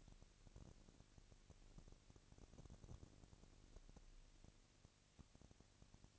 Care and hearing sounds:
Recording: daily activity, microphone in the room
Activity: no activity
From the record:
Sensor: 4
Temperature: 22.5 degrees Celsius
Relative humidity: 33.4%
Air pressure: 999.6 hPa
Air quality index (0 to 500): 230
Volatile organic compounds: 20 ppm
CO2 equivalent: 2702 ppm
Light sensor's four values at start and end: 2/3/1/1 and 2/3/1/1

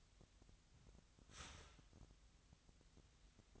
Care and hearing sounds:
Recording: daily activity, microphone in the room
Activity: start toaster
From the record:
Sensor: 3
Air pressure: 1001.8 hPa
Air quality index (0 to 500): 245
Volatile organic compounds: 49 ppm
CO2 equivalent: 3278 ppm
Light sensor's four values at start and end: 14/42/18/16 and 14/42/18/16

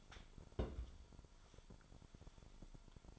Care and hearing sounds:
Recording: daily activity, microphone in the room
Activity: place on stove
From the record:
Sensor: 5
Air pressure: 1008.2 hPa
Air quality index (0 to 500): 124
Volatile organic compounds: 1 ppm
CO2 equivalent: 954 ppm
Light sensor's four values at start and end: 28/61/26/26 and 30/64/27/28

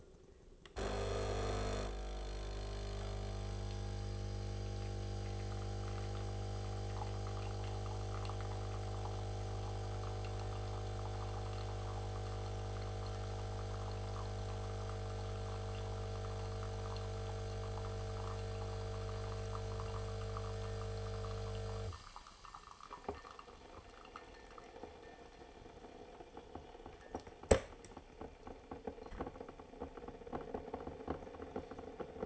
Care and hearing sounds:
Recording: daily activity, microphone in the room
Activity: make coffee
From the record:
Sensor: 4

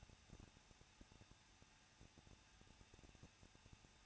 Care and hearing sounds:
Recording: daily activity, microphone in the room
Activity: no activity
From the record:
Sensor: 2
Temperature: 21.0 degrees Celsius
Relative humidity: 37.4%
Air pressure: 1006.2 hPa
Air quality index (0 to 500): 222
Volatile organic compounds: 24 ppm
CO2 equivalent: 2812 ppm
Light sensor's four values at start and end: 2/3/2/2 and 2/3/2/2

